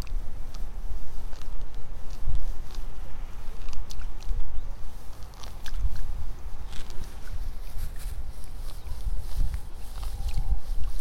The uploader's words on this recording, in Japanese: イネの苗取り。朝から水苗代に入って、一本一本苗を取っています。片手握りいっぱいになったら、ワラで束にします。